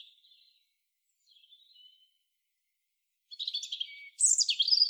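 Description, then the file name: European robin song: faint soft warbles at first, then after a pause a louder, rapid phrase of buzzy and sharply sliding high notes. "Erithacus rubecula"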